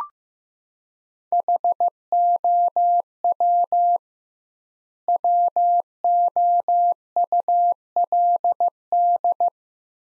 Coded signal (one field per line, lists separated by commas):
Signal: Morse code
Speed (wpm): 15 wpm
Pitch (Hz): 700 Hz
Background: none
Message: HOW WOULD